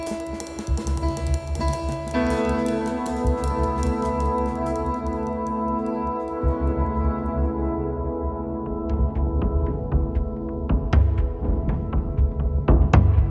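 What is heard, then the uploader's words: A room in the city library in Hamm, Germany, filled with a steady, layered drone of low sustained tones that shift in pitch around two and six seconds. From about nine seconds, sharp knocks and clicks cut in, growing louder toward the end. A room in the city library Hamm, Germany.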